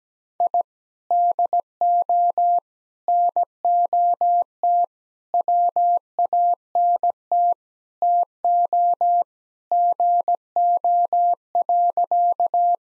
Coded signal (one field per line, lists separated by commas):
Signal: Morse code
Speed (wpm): 17 wpm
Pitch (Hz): 700 Hz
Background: none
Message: I DO NOT WANT TO GO.